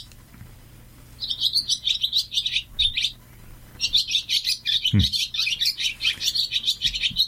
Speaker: Mira, escucha, mira cómo cantan las golondrinas. Estamos hartos de oírlas y no lo apreciamos, mira.